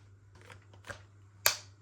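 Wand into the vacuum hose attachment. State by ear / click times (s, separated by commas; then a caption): seated / 1.5 s. A plastic wand is popped into the hose attachment of a brand-new Dyson Ball DC41 Animal vacuum cleaner, with soft handling rustles and a faint knock at about 0.9 s over a steady low hum. A sharp, loud click at 1.5 s marks the wand latching and locking into place in the hose attachment.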